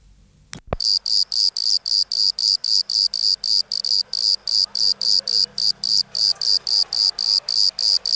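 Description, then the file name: Bordeaux cricket song, a sharp click near the start, then rapid high-pitched chirps repeated about four times a second with even gaps. "Modicogryllus bordigalensis"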